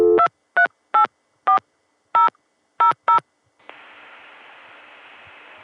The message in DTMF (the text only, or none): 2384000